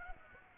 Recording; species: mosquito wingbeat signal from an infrared sensor; Aedes aegypti